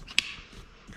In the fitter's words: then just pop on and make a little click so you know that it's secure